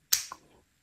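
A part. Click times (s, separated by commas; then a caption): 0.1 s. An action camera is set onto its magnetic quick-release mount clip and the side lock is pressed, giving a sharp, bright click at 0.1 s followed by a softer, lower secondary tick at 0.3 s. The clip is locked in place and now won't come off however hard it is pulled.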